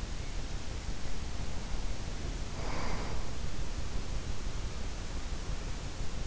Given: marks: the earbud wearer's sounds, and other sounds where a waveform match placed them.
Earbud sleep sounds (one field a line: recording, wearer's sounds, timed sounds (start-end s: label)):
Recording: sounds in sleep by an in-ear microphone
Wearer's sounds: breath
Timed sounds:
0.67-4.26 s: breath